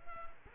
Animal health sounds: mosquito wingbeat signal from an infrared sensor; Culex quinquefasciatus

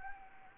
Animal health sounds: mosquito wingbeat signal from an infrared sensor; Anopheles gambiae

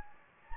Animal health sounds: mosquito wingbeat signal from an infrared sensor; Anopheles gambiae

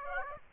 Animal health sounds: mosquito wingbeat signal from an infrared sensor; Aedes aegypti

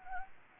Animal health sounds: mosquito wingbeat signal from an infrared sensor; Anopheles gambiae

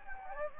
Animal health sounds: mosquito wingbeat signal from an infrared sensor; Anopheles gambiae

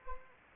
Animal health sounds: mosquito wingbeat signal from an infrared sensor; Anopheles gambiae

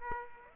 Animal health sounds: mosquito wingbeat signal from an infrared sensor; Aedes aegypti

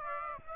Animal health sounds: mosquito wingbeat signal from an infrared sensor; Aedes aegypti

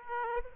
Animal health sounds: mosquito wingbeat signal from an infrared sensor; Aedes aegypti

